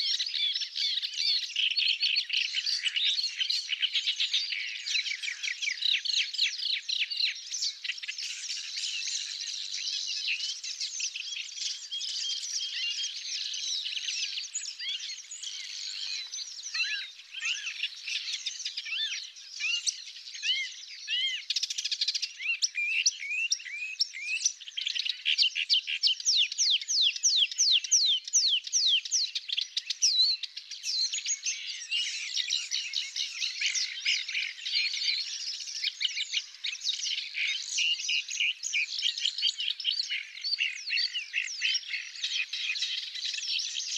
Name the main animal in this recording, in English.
Paddyfield Warbler